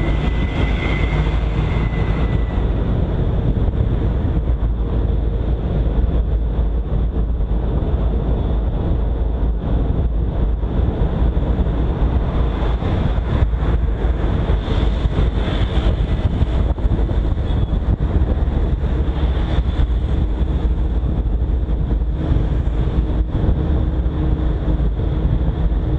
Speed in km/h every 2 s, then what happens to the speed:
36, 42, 46, 48, 48, 47, 45, 44, 43, 42, 42, 41, 42.
0-5 speeds up to 48. 5-26 steady at about 43.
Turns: none.